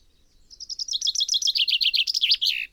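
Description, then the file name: Common chaffinch singing one song phrase, a run of repeated notes falling in pitch and ending in a flourish. "Fringilla coelebs"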